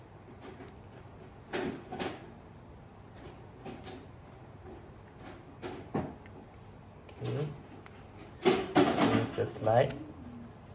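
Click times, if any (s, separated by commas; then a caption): none. A 3/8 inch copper tube is handled and inserted into a Value VFT-808-I flaring tool, with brief knocks and scraping between moments when someone talks. The tube has not yet been pushed to the gauge, and nothing has clicked or seated in this stretch.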